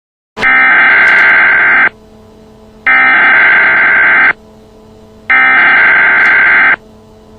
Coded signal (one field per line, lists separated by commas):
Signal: Emergency Alert System (SAME) tones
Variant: header bursts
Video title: eas alert